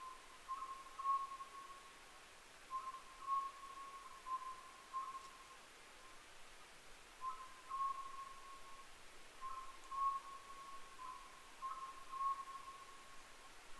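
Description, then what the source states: Oriental scops owl repeating a clear whistled phrase of short stuttering notes, about every two seconds, with a soft hiss underneath. Recorded 15 May 2010 at 23:06.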